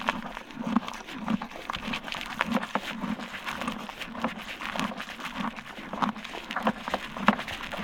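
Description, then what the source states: Horse munching grain in a regular crunching rhythm, with soft rattles and rustles throughout. Eating grain from a bucket.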